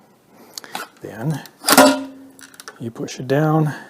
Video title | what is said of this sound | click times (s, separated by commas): What We Dislike about the Dyson V10 | back with my thumb on the red catch until it clicks then | 0.6 s